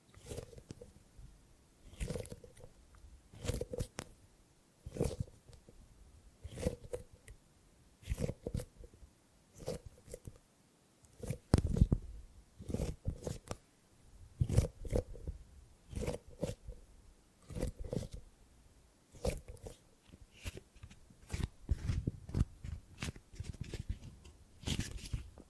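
Tingly gripping and grabbing sounds come in short, crisp bursts, bunched into clusters every second or two with brief quiet gaps between. Each grab has a crunchy, crackly texture, with some rustling and a soft low thump beneath, and the pace grows busier after the midpoint.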